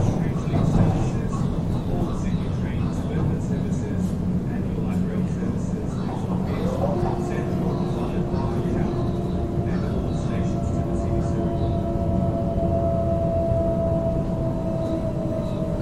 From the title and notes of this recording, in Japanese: シドニー市内へ向かう電車の音。今回も最新版をPCM録音ステレオでお送りします。